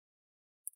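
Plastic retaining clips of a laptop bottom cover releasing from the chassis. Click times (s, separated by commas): 0.7 s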